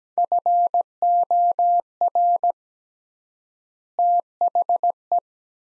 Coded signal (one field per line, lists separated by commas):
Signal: Morse code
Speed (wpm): 17 wpm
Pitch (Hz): 700 Hz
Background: none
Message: FOR THE